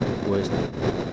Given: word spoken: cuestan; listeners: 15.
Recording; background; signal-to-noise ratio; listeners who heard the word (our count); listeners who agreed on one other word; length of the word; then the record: one Spanish word in noise, from a listening test; noise modulated by three-talker babble; -3.5 dB; 0 of 15; 10 of 15; 0.73 s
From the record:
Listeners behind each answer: 10, 2, 1, 1, 1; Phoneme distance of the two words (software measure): 27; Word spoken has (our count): 2 syllables, 7 phonemes, stress on syllable 1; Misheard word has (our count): 2 syllables, 6 phonemes, stress on syllable 1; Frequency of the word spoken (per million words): 3.02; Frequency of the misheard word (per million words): 217.97